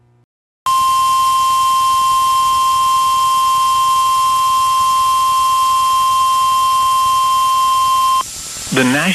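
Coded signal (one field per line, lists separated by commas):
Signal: Emergency Alert System (SAME) tones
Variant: 1050 Hz attention tone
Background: speech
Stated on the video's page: Personally captured EAS alerts for Mississippi and Louisiana.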